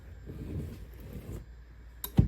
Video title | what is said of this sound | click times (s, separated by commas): VEVOR Auto Heat Press for Sublimation & Vinyl - Best Heat Press for Sublimation & Vinyl - HTV | And then you're just going to push it in until you hear that little click. | 2.0 s